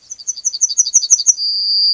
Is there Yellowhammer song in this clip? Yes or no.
yes